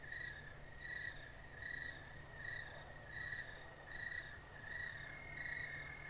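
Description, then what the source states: High cricket chirps pulse on, with raspy, rattling cicada buzzes sounding a few times across the stretch. Crickets in a country field at night, with a nearby raspy cicada.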